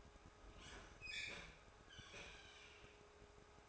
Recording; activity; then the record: daily activity, microphone in the room; open fridge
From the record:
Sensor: 2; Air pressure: 1004.5 hPa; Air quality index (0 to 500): 185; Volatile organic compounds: 10 ppm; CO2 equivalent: 2223 ppm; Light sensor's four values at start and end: 4/11/4/4 and 4/11/4/4